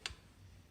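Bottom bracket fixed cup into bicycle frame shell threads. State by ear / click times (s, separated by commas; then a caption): seated / 0.1 s. A threaded metal bottom bracket fixed cup is turned backwards against the threaded shell of a vintage bicycle frame until the thread start drops into place. A single short, bright tick sounds at 0.1 s, followed by a faint low rumble. The cup has seated on the thread start and is ready to be turned forward.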